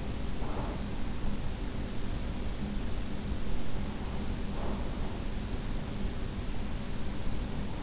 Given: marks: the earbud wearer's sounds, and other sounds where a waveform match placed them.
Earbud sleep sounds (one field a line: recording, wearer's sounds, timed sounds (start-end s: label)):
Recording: sounds in sleep by an in-ear microphone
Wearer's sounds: breath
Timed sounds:
0.00-1.03 s: breath
4.46-5.51 s: breath